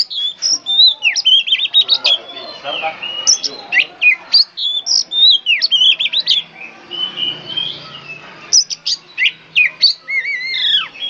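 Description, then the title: Oriental magpie-robin delivering loud, varied whistled phrases, quick chirps mixed with long downslurred whistles, in bursts separated by short gaps. National first-place champion songbird, described as singing loudly and persistently ('gacor'). "KACER JUARA 1 NASIONAL GACOR"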